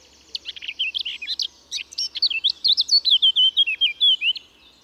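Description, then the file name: Eurasian blackcap song opening with a rapid, chattering jumble of high notes, then breaking into a bright series of loud, fluting whistles of varying pitch. "Sylvia atricapilla"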